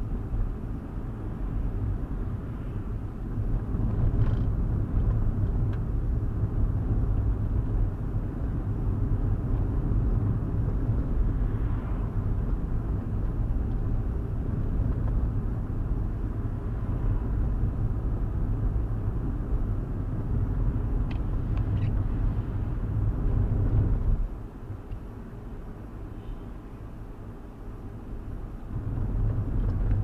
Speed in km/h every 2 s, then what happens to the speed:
42, 42, 42, 44, 44, 44, 44, 45, 42, 44, 44, 44, 42, 42, 42.
0-30 steady at about 44.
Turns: none.